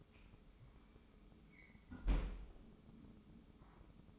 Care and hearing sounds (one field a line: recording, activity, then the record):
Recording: daily activity, microphone in the room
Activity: close fridge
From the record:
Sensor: 1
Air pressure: 995.3 hPa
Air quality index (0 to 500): 25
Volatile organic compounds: 0 ppm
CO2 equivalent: 502 ppm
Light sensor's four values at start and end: 19/62/23/24 and 19/62/23/24